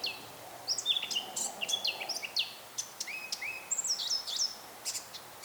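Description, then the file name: Eurasian blackcap song, a continuous lively warble mixing chattering notes and clear downslurred whistles, fairly steady throughout. "Sylvia atricapilla"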